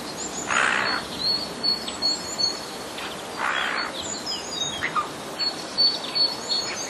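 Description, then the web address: Eurasian jay alarm call: two harsh, broad screeches about three seconds apart, with small birds chirping and twittering steadily in the background. Warning call, 1 March 2014. "wroblowe ostrzegator sojki 01 03 2014"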